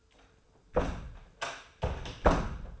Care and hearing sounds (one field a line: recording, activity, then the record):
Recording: daily activity, microphone in the room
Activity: close door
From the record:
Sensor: 2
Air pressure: 1015.1 hPa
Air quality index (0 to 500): 168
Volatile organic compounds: 9 ppm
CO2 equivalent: 2177 ppm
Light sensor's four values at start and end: 13/36/14/16 and 13/36/14/16